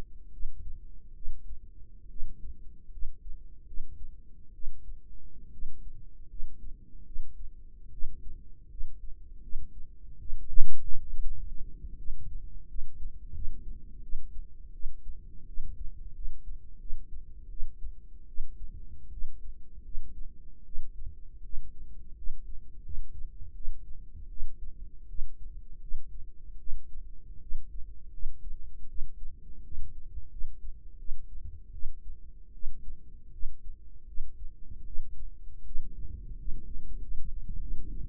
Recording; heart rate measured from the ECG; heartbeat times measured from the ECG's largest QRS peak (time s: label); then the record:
heart sounds by microphone in the right ear; 79 bpm
0.32 s: heartbeat
1.15 s: heartbeat
2.09 s: heartbeat
2.91 s: heartbeat
3.66 s: heartbeat
4.53 s: heartbeat
5.52 s: heartbeat
6.28 s: heartbeat
7.05 s: heartbeat
7.91 s: heartbeat
8.69 s: heartbeat
9.42 s: heartbeat
10.19 s: heartbeat
11.09 s: heartbeat
11.97 s: heartbeat
12.67 s: heartbeat
13.33 s: heartbeat
14.02 s: heartbeat
14.73 s: heartbeat
15.47 s: heartbeat
16.14 s: heartbeat
16.79 s: heartbeat
17.50 s: heartbeat
18.27 s: heartbeat
19.11 s: heartbeat
19.84 s: heartbeat
20.65 s: heartbeat
21.43 s: heartbeat
22.16 s: heartbeat
22.83 s: heartbeat
23.54 s: heartbeat
24.29 s: heartbeat
25.08 s: heartbeat
25.81 s: heartbeat
26.58 s: heartbeat
27.41 s: heartbeat
28.12 s: heartbeat
28.88 s: heartbeat
29.63 s: heartbeat
30.30 s: heartbeat
30.98 s: heartbeat
31.72 s: heartbeat
32.53 s: heartbeat
33.32 s: heartbeat
34.07 s: heartbeat
34.85 s: heartbeat
35.64 s: heartbeat
36.37 s: heartbeat
37.00 s: heartbeat
37.60 s: heartbeat
From the record:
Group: healthy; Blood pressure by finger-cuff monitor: 97/50 mmHg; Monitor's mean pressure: 64 mmHg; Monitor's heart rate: 79 bpm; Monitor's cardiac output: 7.8 L/min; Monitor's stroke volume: 98 mL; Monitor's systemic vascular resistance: 580 dyn s/cm5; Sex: female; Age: 22 years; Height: 157 cm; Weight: 47.6 kg